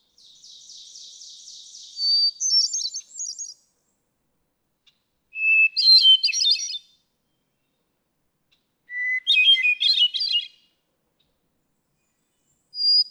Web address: birdsongforthecurious Hermit Thrush